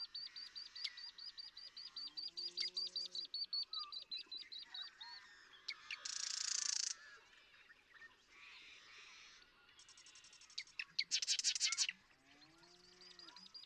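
Marsh Wren song: a steady series of high repeated notes and two loud buzzy rattles, with soft low calls in the background.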